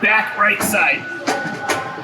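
A product guide is being fitted by hand, tool-free, into the back-right side of the conveyor frame of an Anritsu XR75 X-ray inspection machine with a large bulk hopper. Someone talks over it while short transients are heard from handling the part. Nothing has seated or clicked yet.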